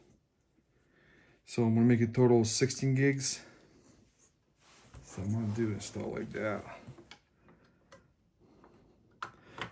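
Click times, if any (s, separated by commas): 9.2 s, 9.6 s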